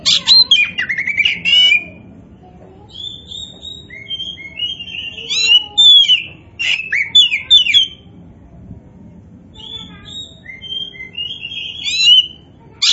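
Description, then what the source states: Oriental magpie-robin song of rich whistles, sharp chips and fast buzzy runs, delivered in repeated bursts with short quiet breaks, low hum underneath. Oriental magpie-robin (kacer), poci form, singing vigorously (gacor).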